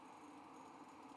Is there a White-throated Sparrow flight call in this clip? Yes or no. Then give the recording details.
no. No flight call is heard. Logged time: 11:20 on 5 December 2014